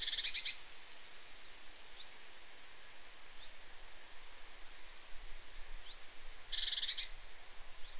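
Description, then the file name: Great tit: a buzzy rasp at the start and another near the end, with scattered faint high chirps over steady hiss. "Parus major"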